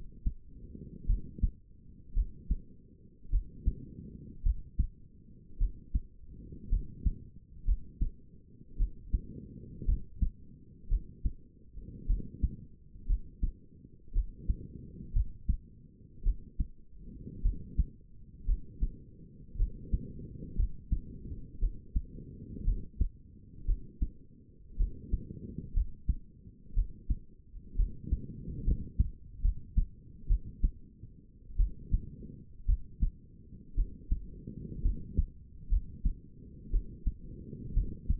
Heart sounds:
heart sounds by stethoscope; 57 bpm
1.07 s: heartbeat
2.14 s: heartbeat
3.31 s: heartbeat
4.43 s: heartbeat
5.59 s: heartbeat
6.70 s: heartbeat
7.66 s: heartbeat
8.78 s: heartbeat
9.86 s: heartbeat
10.89 s: heartbeat
12.07 s: heartbeat
13.07 s: heartbeat
14.13 s: heartbeat
15.14 s: heartbeat
16.24 s: heartbeat
17.43 s: heartbeat
18.46 s: heartbeat
19.57 s: heartbeat
20.57 s: heartbeat
21.60 s: heartbeat
22.65 s: heartbeat
23.66 s: heartbeat
24.77 s: heartbeat
25.74 s: heartbeat
26.75 s: heartbeat
27.77 s: heartbeat
28.65 s: heartbeat
29.42 s: heartbeat
30.28 s: heartbeat
31.57 s: heartbeat
32.67 s: heartbeat
33.75 s: heartbeat
34.83 s: heartbeat
35.70 s: heartbeat
36.71 s: heartbeat
37.74 s: heartbeat
From the record:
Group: healthy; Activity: cold pressor test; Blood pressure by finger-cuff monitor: 113/69 mmHg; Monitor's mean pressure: 84 mmHg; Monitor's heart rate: 56 bpm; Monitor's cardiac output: 5.1 L/min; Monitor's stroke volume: 91 mL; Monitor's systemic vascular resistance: 1210 dyn s/cm5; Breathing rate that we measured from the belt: 21 breaths a minute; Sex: female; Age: 28 years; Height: 170 cm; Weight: 77 kg

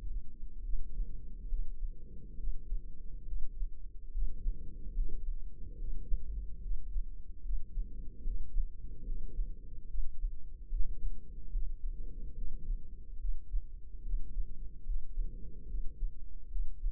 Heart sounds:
heart sounds by microphone in the left ear; 72 bpm
0.60 s: heartbeat
1.47 s: heartbeat
2.35 s: heartbeat
3.23 s: heartbeat
4.09 s: heartbeat
4.93 s: heartbeat
5.75 s: heartbeat
6.58 s: heartbeat
7.40 s: heartbeat
8.22 s: heartbeat
9.03 s: heartbeat
9.85 s: heartbeat
10.67 s: heartbeat
11.50 s: heartbeat
12.33 s: heartbeat
13.16 s: heartbeat
14.01 s: heartbeat
14.84 s: heartbeat
15.65 s: heartbeat
16.47 s: heartbeat
From the record:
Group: healthy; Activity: rest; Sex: female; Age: 32 years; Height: 172 cm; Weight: 71.7 kg

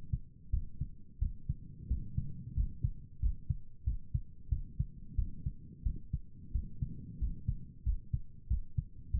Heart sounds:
heart sounds by stethoscope; 91 bpm
0.50 s: heartbeat
1.19 s: heartbeat
1.88 s: heartbeat
2.54 s: heartbeat
3.20 s: heartbeat
3.84 s: heartbeat
4.49 s: heartbeat
5.15 s: heartbeat
5.83 s: heartbeat
6.52 s: heartbeat
7.18 s: heartbeat
7.83 s: heartbeat
8.47 s: heartbeat
9.11 s: heartbeat
From the record:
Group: healthy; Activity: rest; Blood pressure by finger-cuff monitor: 104/72 mmHg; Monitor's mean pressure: 82 mmHg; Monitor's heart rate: 91 bpm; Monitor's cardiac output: 7.4 L/min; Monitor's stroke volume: 82 mL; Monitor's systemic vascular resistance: 820 dyn s/cm5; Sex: male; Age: 19 years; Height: 178 cm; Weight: 83 kg

